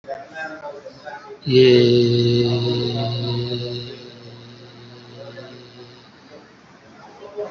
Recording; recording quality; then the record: sustained vowel as in made; moderate, slight background noise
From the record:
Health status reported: COVID-19 positive, moderate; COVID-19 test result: positive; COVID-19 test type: RT-PCR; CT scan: taken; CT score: 6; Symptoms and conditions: fever, fatigue, muscle pain, diarrhoea, hypertension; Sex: male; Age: 45 years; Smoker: no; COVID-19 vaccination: one dose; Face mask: worn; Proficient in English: yes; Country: India